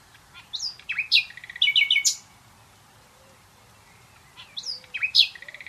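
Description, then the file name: Common nightingale song: two short phrases of sharp, varied chirps and rapid trills, separated by a quiet pause of about two seconds. "Luscinia megarhynchos"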